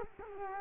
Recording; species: mosquito wingbeat signal from an infrared sensor; Culex quinquefasciatus